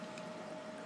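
The cross-threaded metal top cap of an iJoy Limitless RDTA rebuildable atomizer is turned backwards on the deck body over a steady hum and broadband noise. A short, small click at 0.2 s marks the thread dropping back into place, and the cap is seated.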